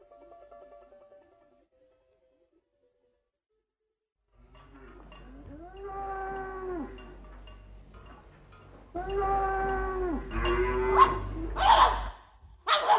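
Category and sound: animal, dog barking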